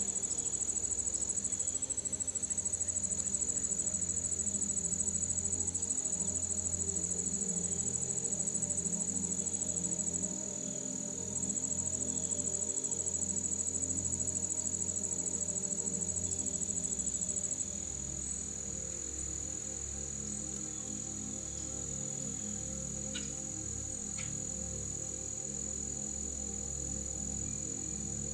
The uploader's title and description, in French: Bruits de la FORET et une MUSIQUE Apaisante. Sons naturels de la forêt, magnifiquement entrelacés avec une musique douce et apaisante